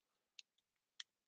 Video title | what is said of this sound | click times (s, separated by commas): Fishing Reel Maintenance 101– by Pipeline Tackle - Official Catfish Conference ® 2021 | Bam, there it goes. Put that, push it till it clicks. You're good to go. | 0.4 s, 1.0 s